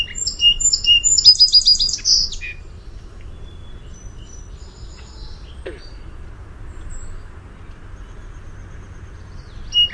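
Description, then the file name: Song sparrow song at the start: clear whistled notes followed by a fast buzzy trill, then mostly quiet hiss with a faint note near the end. "SOSP song"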